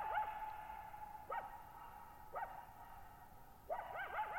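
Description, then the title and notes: Coyote calling with short yelping barks spaced about a second apart, then a burst of rapid wavering yips, over a continuous ringing echo. Lone coyote at night, July 14, 2019, Thirtymile Meadows, Okanogan National Forest, Okanogan High Country, 6400 ft; dry high plateau, bowl-shaped meadow, boggy ground burbling, very quiet, highly reverberant. "Lone Coyote at Thirtymile Meadows. I spent the night of July 14, 2019, camped near Thirtymile Meadows in the Okanogan National Forest at 6400 ft (1950 m)"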